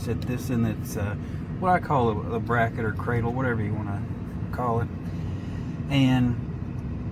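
A fuel line quick-connect on a 2004 F150 is being handled near the new fuel filter, which sits in its bracket or cradle, while someone talks over steady low background noise. Nothing has seated or clicked yet; the connector has not been slid home onto the filter nipple.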